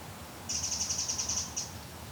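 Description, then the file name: Eurasian wren call, a dry rattling series of about ten very high, evenly spaced ticking notes lasting about a second, with one final note after a short pause. "Troglodytes troglodytes"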